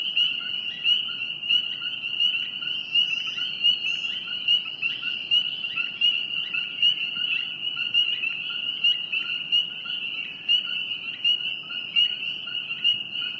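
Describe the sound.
Frog trilling in a high, constant drone, with small regular pulses on top.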